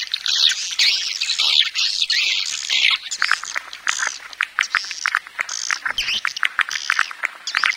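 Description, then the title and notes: Swiftlets give a dense burst of high twittering, which thins into separate sharp chirps and clicks in the second half. Swiftlet farming sound, Asia. "Swiflet Bird Sound. Farming Swiflet Bird asia sound"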